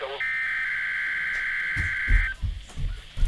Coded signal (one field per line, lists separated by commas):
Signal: Emergency Alert System (SAME) tones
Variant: header bursts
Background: speech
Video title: requierd weekly test [EAS #13] for my county